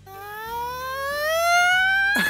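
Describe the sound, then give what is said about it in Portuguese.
A voice imitates a child's siren-like wailing cry, one long sustained tone sliding steadily upward in pitch and growing louder, then cutting off with a breathy burst. “Sempre tinha alguém chorando, choro sirene, né? Que é aquele choro que começa...”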